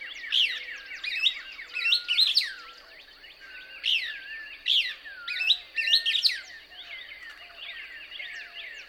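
Couch's Kingbird twittering song: bursts of sharp, up-and-down chirps over a steady high whine and soft low whistles.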